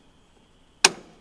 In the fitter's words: so listen for the click there it is that's our